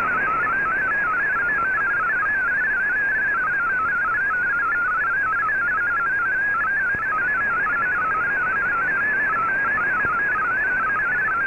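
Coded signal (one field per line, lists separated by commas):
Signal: multi-tone FSK (Olivia or MFSK type)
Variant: MFSK32 or MFSK64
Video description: Here is my decode of the Shortwave Radiogram broadcast today on 15770Khz shortwave radio at 1300UTC in MFSK32 and 64 and with 9 SSTV images.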